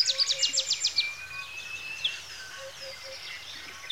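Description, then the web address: Birds calling, a quick series of sharp high chirps at the start, then a thin drawn-out whistle and scattered soft low notes. Lakeside in Kenya, Africa, with bird twittering in the early morning. "A Természet hangjai - Madárdal A Természet hangjai - Afrika, Kenya - Tópart madárcsicsergéssel kora reggel"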